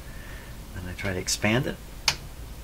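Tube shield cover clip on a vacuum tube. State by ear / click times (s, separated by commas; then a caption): released / 2.1 s. Someone talks while expanding the split in the metal clip of a vacuum tube's shield cover on a Silvertone 101-583-2 multiband tube radio. At 2.1 seconds there is a small, sharp click as the clip breaks free of the tube, releasing it.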